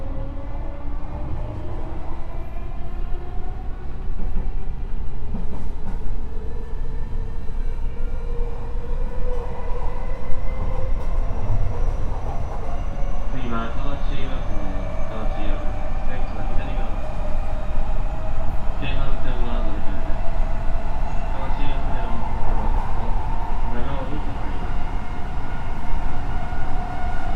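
A JR West 207 series train runs on the Gakkentoshi Line with a steady low rumble and motor whine rising gradually in pitch, plus faint voices.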